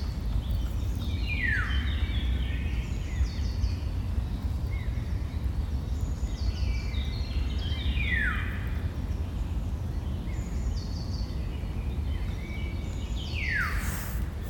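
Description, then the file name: Eurasian golden oriole song: several short whistled phrases, some ending in a falling swoop, over a loud, steady low rumble. "Pirol"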